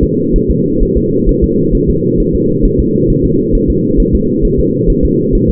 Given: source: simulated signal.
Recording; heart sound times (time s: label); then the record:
fetal heart sounds
0.03 s: S2
0.36 s: S1
0.50 s: S2
0.83 s: S1
0.97 s: S2
1.29 s: S1
1.44 s: S2
1.75 s: S1
1.90 s: S2
2.20 s: S1
2.35 s: S2
2.65 s: S1
2.80 s: S2
3.10 s: S1
3.25 s: S2
3.55 s: S1
3.70 s: S2
4.00 s: S1
4.15 s: S2
4.45 s: S1
4.60 s: S2
4.90 s: S1
5.05 s: S2
5.35 s: S1
5.50 s: S2
From the record:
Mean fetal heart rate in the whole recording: 130 bpm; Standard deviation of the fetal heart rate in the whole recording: 4 bpm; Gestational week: 38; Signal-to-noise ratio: -11.2 dB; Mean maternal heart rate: 72 bpm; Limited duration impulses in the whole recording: present